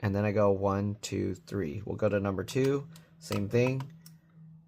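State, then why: Not seated. Someone talks while handling heatsink screw number two on an ASUS ROG Zephyrus G16 GU605M (GU605MY-G16.U94090) laptop. The screw is being twisted backwards until its thread start clicks into alignment with the motherboard standoff, before it is tightened. The clip ends just before the screw goes home, so nothing has seated or clicked yet.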